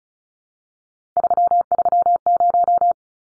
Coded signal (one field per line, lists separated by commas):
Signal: Morse code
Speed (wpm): 34 wpm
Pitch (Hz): 700 Hz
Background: none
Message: 330